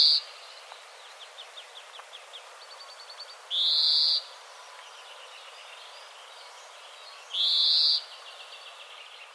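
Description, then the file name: European greenfinch giving two long, loud wheezy buzzes about four seconds apart, with softer quick trilled notes running between them over outdoor background noise. "Chloris chloris"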